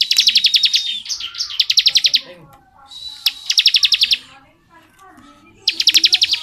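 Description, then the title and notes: Bar-winged prinia song: several quick bursts of high pulsed notes with short whistled tones between, over faint low chattering. Ciblek 'ngebren' song style, used as tutor audio for white-rumped shamas (murai batu). "Ciblek Ngebren Untuk Masteran Murai Batu. Suara burung ciblek - Suara Nada"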